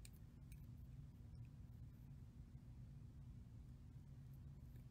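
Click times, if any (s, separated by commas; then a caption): none. A metal jump ring is handled with pliers while being closed onto a beaded necklace dangle. A steady low hum runs throughout, with a faint, brief tick near 0.1 s and a few soft handling sounds. Nothing has clicked or seated yet, and the ring ends are not yet closed flush.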